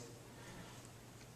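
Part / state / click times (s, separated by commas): steel shifter piece into shifter housing / not seated / none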